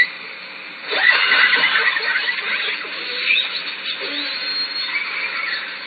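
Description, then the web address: Killer whale calls: harsh pulsed squeals starting after about a second, then further varied calls continuing to the end over a steady background hum. Southern Resident killer whales, Lime Kiln, June. "Orca Calls Lime Kiln"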